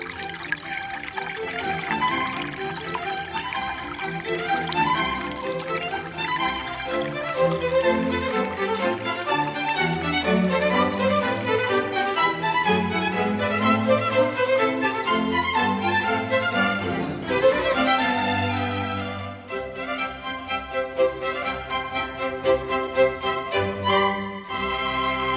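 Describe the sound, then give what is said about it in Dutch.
A small brook along the Waterloweg in Leusden, Den Treek, flows and gurgles steadily, its bubbling burbles shifting in pitch as the water tumbles along at an even, moderate loudness with no voices. “Nee, dit is toch echt het beekje langs de Waterloweg in Leusden.”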